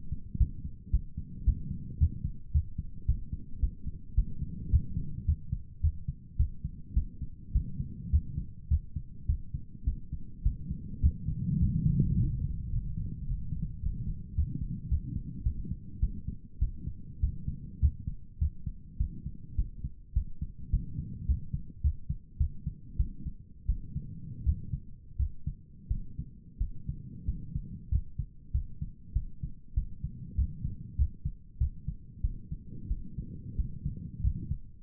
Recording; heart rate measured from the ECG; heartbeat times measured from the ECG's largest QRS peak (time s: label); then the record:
heart sounds by stethoscope; 101 bpm
0.38 s: heartbeat
0.91 s: heartbeat
1.44 s: heartbeat
1.98 s: heartbeat
2.52 s: heartbeat
3.06 s: heartbeat
3.60 s: heartbeat
4.15 s: heartbeat
4.70 s: heartbeat
5.25 s: heartbeat
5.81 s: heartbeat
6.36 s: heartbeat
6.94 s: heartbeat
7.52 s: heartbeat
8.10 s: heartbeat
8.68 s: heartbeat
9.26 s: heartbeat
9.84 s: heartbeat
10.42 s: heartbeat
11.00 s: heartbeat
11.58 s: heartbeat
12.14 s: heartbeat
12.70 s: heartbeat
13.25 s: heartbeat
13.80 s: heartbeat
14.34 s: heartbeat
14.88 s: heartbeat
15.43 s: heartbeat
15.99 s: heartbeat
16.59 s: heartbeat
17.20 s: heartbeat
17.79 s: heartbeat
18.38 s: heartbeat
18.97 s: heartbeat
19.55 s: heartbeat
20.13 s: heartbeat
20.70 s: heartbeat
21.25 s: heartbeat
21.81 s: heartbeat
22.37 s: heartbeat
22.96 s: heartbeat
23.66 s: heartbeat
24.43 s: heartbeat
25.17 s: heartbeat
25.88 s: heartbeat
26.58 s: heartbeat
27.25 s: heartbeat
27.89 s: heartbeat
28.51 s: heartbeat
29.13 s: heartbeat
29.74 s: heartbeat
30.35 s: heartbeat
30.96 s: heartbeat
31.58 s: heartbeat
32.21 s: heartbeat
32.88 s: heartbeat
33.56 s: heartbeat
34.21 s: heartbeat
From the record:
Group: healthy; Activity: rest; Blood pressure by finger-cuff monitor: 134/73 mmHg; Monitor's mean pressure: 89 mmHg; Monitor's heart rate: 103 bpm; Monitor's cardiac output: 9.1 L/min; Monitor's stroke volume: 88 mL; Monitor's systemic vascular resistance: 720 dyn s/cm5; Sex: male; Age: 19 years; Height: 178 cm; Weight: 83 kg